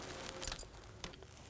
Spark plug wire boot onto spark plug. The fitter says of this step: make sure it clicks down and that feels good